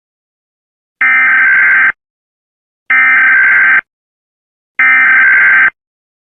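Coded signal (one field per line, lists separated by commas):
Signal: Emergency Alert System (SAME) tones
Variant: header bursts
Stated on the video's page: Fictional EAS scenario, not a real alert.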